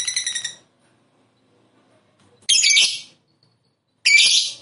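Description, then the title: Lovebird's shrill calls: a quick stuttering series at the start, then a long pause and two loud, raspy squawks about one and a half seconds apart. "Suara Lovebird Ini"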